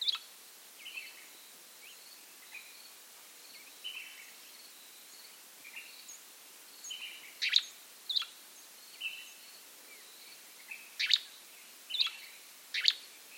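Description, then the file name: Gray flycatcher calling with crisp, clipped notes at short, uneven intervals, some louder than others. "American Grey Flycatcher Empidonax wrightii"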